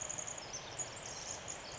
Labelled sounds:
Pacific Wren
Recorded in Sonoma County, California

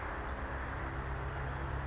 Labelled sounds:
Blue-gray Gnatcatcher
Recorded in Sonoma County, California

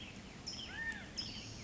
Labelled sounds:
California Towhee
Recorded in Sonoma County, California

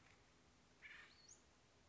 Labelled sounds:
Acorn Woodpecker
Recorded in Sonoma County, California

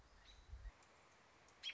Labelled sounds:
American Robin
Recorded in Sonoma County, California

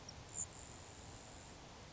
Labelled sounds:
Grasshopper Sparrow
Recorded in Sonoma County, California

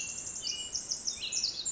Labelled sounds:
Pacific Wren
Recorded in Sonoma County, California

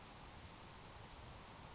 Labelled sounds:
Grasshopper Sparrow
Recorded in Sonoma County, California

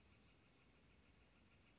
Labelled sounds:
Northern Flicker
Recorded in Sonoma County, California

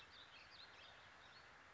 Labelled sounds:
Warbling Vireo
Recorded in Sonoma County, California

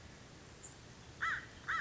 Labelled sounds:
American Crow
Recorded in Sonoma County, California

